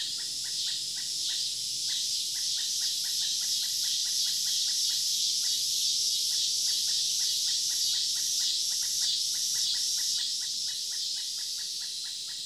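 Pileated woodpecker giving a long, fast run of repeated short notes, nearly continuous with only brief breaks, against a constant high hiss.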